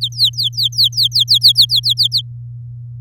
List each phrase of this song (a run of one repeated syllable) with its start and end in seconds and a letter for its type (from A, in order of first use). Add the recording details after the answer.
0.01-1.52 A, 1.55-2.21 B. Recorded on 8 May 2018 at 06:06. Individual llb16